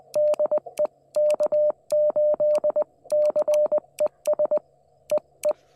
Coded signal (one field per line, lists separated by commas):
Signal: Morse code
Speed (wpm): 20 wpm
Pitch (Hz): 600 Hz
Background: none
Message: DE K8CES EE